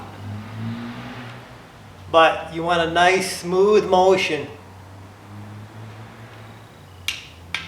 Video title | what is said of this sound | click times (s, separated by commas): Polaris Ranger 900 TUSK Beadlock Rims Sedona Rock-A-Billy Tires | until it clicks | 7.1 s, 7.6 s